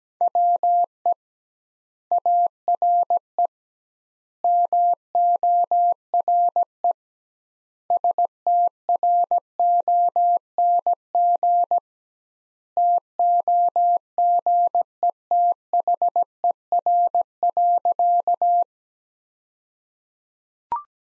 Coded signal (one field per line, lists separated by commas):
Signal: Morse code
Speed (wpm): 17 wpm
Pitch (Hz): 700 Hz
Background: none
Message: WE ARE MORE STRONG TOGETHER.